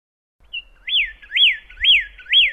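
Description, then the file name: Pyrrhuloxia song of a thin opening whistle and four loud arched slurs, each rising then dropping, repeated roughly twice a second over a soft low rumble. Song (kicauan). "suara kicauan burung pyrrhuloxia. omkicau"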